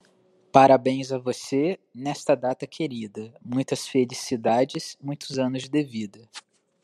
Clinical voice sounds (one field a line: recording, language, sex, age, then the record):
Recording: short text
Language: Brazilian Portuguese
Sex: male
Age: 20 to 29 years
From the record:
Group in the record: control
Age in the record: 25 years